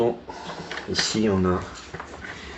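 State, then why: Not seated. A plastic accessory for a SILVERCREST 750 W quiet vacuum cleaner bought at LIDL is handled against its fitting on the vacuum tube while someone talks. Brief handling knocks come at about 0.7 s and 2.0 s. The part has not seated or clicked into place yet.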